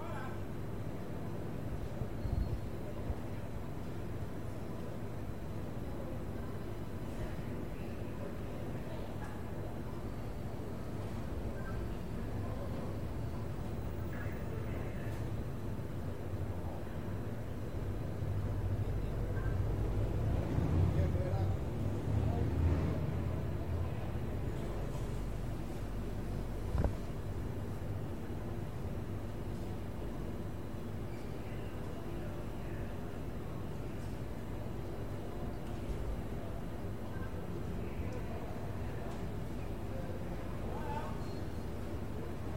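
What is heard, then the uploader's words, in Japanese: A train heading into Sydney, heard while waiting on a station platform. A steady low rumble holds for the whole clip, swelling between about 19 and 24 seconds as something passes, with a sharp click near 27 seconds and murmuring voices underneath. シドニー市内へ向かう電車の音。今回も最新版をPCM録音ステレオでお送りします。駅のホームで電車を待つ。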